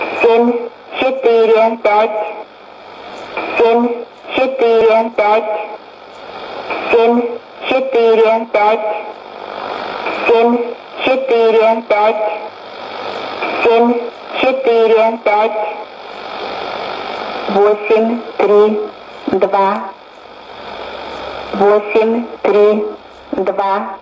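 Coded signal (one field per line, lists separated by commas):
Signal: numbers station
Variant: S06s, Russian female voice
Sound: female voice reading short number groups in Russian, evenly paced with brief pauses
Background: radio static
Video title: 06 07 2016 Number station S06s Russian Lady to Eu 0734 on 12110 unknown tx site CUSB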